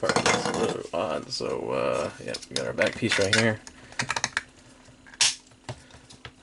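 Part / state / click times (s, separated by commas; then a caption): figure back piece onto figure torso / seated / 5.2 s. A plastic back piece for a Marvel Legends Ursa Major build-a-figure is pressed onto the figure's torso while someone talks. A few light plastic clicks and taps come at about 4.0–4.4 s. The piece seats with a single sharp, satisfying snap at 5.2 s.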